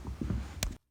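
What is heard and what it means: An electrical connector is pushed back onto a fuel pump and seats with one sharp, short click at 0.6 s. Before it, there is a low background rumble with a few faint soft knocks. The sound cuts to near silence just before 0.8 s.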